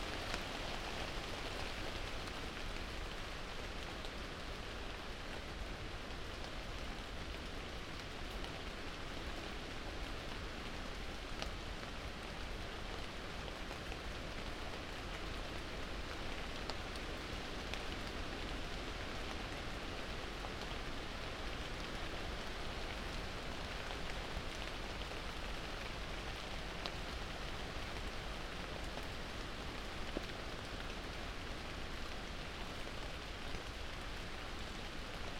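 Steady, dense rain falls without pause, a hiss of countless drops with a low rumble underneath and occasional sharper taps.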